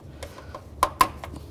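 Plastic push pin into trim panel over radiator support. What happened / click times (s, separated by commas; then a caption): Two plastic push pins snapped into the panel / 0.8 s, 1.0 s. New plastic push-pin retainers are lined up and pushed into the trim panel over the radiator support in the radiator and fan area of a 2011–2014 Chrysler 200. Faint ticks are followed by two sharp, loud snaps at 0.8 s and 1.0 s. The push pins seat into the panel.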